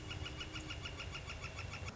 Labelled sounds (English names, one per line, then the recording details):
Northern Flicker
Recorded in Sonoma County, California